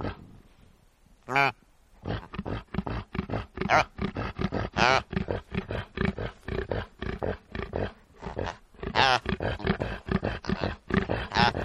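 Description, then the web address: Reindeer grunts in a dense run of short, harsh pulses, with a few louder harmonic calls scattered through. "el sonido del grunido de los renos"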